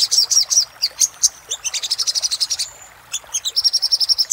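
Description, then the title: Little spiderhunter song: sharp high chips, a thin drawn-out whistle midway, then a steady fast run of notes. Song used for training cage birds; song style named Labaik. "Masteran Burung Sogok Ontong Labaik"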